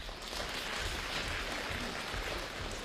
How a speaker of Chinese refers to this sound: 谢谢您， 谢谢。 谢谢您的掌声。